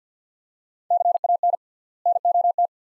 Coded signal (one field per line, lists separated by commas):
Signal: Morse code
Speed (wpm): 50 wpm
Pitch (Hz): 700 Hz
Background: none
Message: CAN NOT